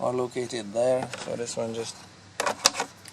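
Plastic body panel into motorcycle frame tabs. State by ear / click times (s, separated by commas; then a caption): seated / 2.7 s. Someone talks, then a plastic body panel on a 2013-17 Ninja 636 sport motorcycle is pressed onto its frame tabs, with a few short plastic knocks around 2.4 s. The panel snaps into place with a sharp click at 2.7 s, followed by a faint tap near 3.1 s.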